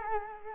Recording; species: mosquito wingbeat signal from an infrared sensor; Culex quinquefasciatus